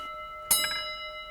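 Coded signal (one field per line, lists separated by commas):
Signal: bell signal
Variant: railway block signalling bell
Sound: a single bell strike over a ringing tone, followed by faint rattling clicks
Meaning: One beat acknowledges the call: ready and listening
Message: 1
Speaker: You need to repeat that one beat on the bell essentially, that says that you're ready and listening.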